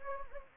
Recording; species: mosquito wingbeat signal from an infrared sensor; Anopheles gambiae